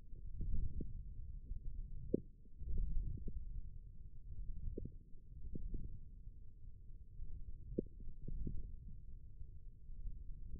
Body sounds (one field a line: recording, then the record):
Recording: forearm muscle sounds (acoustic myography)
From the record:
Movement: forearm pronation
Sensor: system 1, eight BSWA MPA416 microphones around the upper forearm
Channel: 4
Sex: male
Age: 28 years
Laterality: right